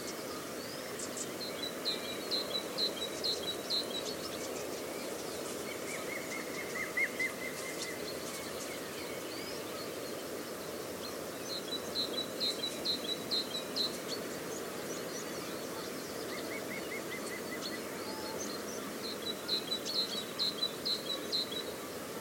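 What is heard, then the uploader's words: Outdoor ambience in coastal dunes: a steady low rush, like surf or wind, runs throughout. Over it, small birds sing high, bright trilling phrases in recurring bursts, with a few lower warbled calls around seven and seventeen seconds. The hidden sounds of the coastal dunescape at Studland Nature Reserve, UK.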